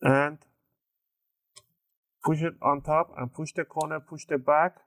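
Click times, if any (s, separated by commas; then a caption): none. The plastic palm rest of an ASUS BR1100CK laptop is brought over and laid onto the bottom cover, lined up before being pushed down at the top, corners and back. Someone talks, and a single faint placement tick is heard at 1.6 s. Nothing has seated or clicked yet.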